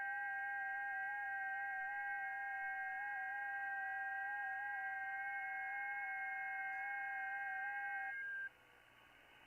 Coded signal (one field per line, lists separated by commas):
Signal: FT8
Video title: Calling All Ham Radio Technicians | Let's Get On 10 Meters!!